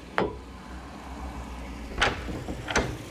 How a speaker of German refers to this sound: Doch dann klopfte ich leise und nur ein einziges Mal an die rote Tür mit der 11.